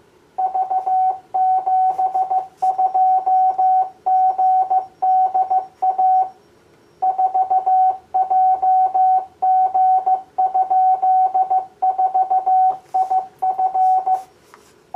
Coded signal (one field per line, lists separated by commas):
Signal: Morse code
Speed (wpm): 14 wpm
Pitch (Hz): 750 Hz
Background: none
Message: V72GDA 4JG?4IF